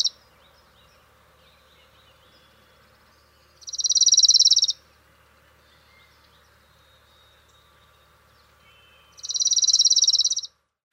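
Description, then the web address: Orange-crowned warbler song: two fast, high, even trills lasting about a second each, about five seconds apart, over a quiet background. "Songs of Birds of North America. Orange-crowned Warbler"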